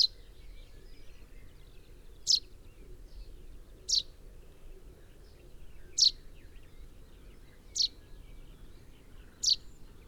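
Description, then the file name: Common chaffinch calling: short, sharp, downward-slurred notes repeated about every one and a half to two seconds, several in all, over a steady low background hum. "Fringilla coelebs"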